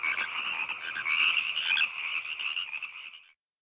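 Frogs calling in a chorus of high, rasping trills that run together, fading out and ending in silence after about three seconds.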